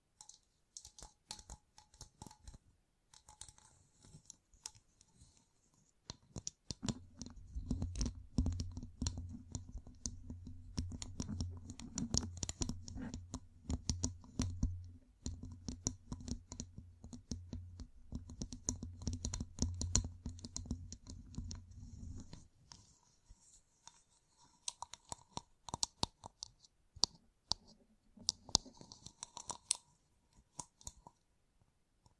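Fingertips covered in gems tap and scratch in quick, irregular clicks across the whole clip. From about 7 to 22 seconds a low, steady hum runs underneath and the tapping grows denser. Outside that stretch the clicks are sparser, with a faint higher tone showing up now and then.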